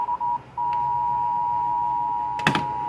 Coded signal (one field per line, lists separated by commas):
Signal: Emergency Alert System (SAME) tones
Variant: 853 and 960 Hz attention tone